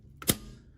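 Two plastic printhead release tabs inside a Zebra ZT400 Series thermal label printer are slid toward the front of the printer during a printhead resolution (DPI) upgrade. Two sharp clicks sound at 0.2 s and 0.3 s, the second louder and ringing briefly. The tabs are released, so the printhead will drop when the cover is opened.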